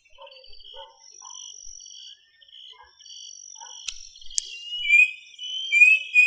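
Bird song of faint scattered chirps and a soft high trill, then two loud, bright whistled phrases near the end after a pair of sharp clicks.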